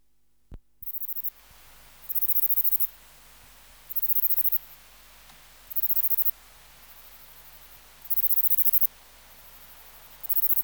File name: Steropleurus catalaunicus